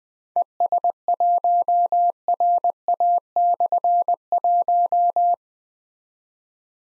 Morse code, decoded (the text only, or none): ES1RA/1